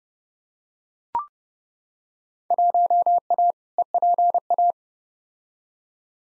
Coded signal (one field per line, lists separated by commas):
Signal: Morse code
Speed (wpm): 30 wpm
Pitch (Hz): 700 Hz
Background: none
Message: 1A EPA